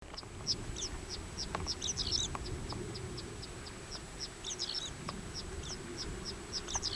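Goldfinch song, a long run of high, thin twittering notes in quick succession with brief bursty clusters, over a low steady background rumble.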